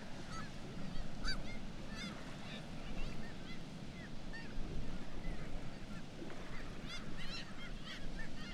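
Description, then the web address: Black-legged kittiwake chorus: scattered harsh, bent nasal calls from several birds, some clustered in quick bursts, over a heavy low rumble. "sound Black-legged-kittiwake. صدای-پرنده-کاکایی-پاسیاه"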